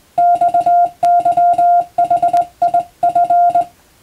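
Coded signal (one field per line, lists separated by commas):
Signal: Morse code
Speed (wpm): 21 wpm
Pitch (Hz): 700 Hz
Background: none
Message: XYHIF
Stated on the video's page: Morse code receiving practice for radiotelegraph operator exam and amateur radio, using European-language telegram practice texts.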